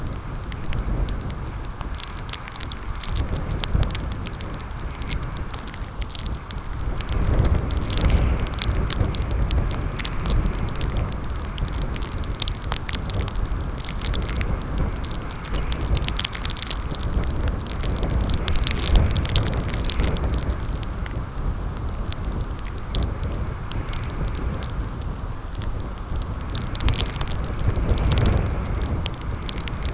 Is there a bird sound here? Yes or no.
no